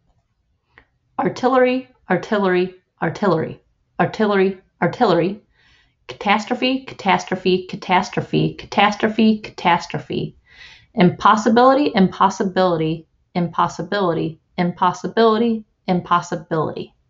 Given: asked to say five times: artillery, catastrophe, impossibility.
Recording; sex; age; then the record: three words, each repeated; female; 30 to 39 years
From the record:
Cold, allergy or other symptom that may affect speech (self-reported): no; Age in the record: 34 years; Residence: United States